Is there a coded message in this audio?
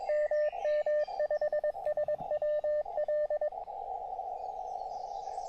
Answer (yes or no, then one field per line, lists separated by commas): yes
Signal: Morse code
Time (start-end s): 0.1-3.5 s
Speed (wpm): 22 wpm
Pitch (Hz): 600 Hz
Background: radio noise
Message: MM5SWL